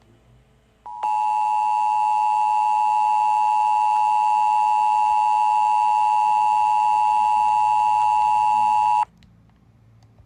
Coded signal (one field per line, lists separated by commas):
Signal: Emergency Alert System (SAME) tones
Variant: 853 and 960 Hz attention tone